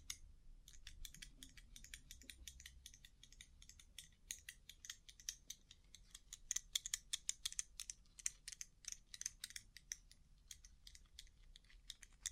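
Rhinestone-covered tapping: quick, dense clicks with a bright, glittery edge, coming in irregular bursts over the whole clip. The tapping thickens and gets louder from about four to nine seconds, then thins slightly, with a soft low rumble underneath throughout.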